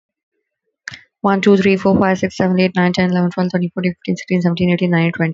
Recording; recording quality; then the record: counting at a fast pace; excellent, no background noise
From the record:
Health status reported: healthy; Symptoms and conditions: none ticked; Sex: female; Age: 21 years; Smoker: not ticked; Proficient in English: yes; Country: India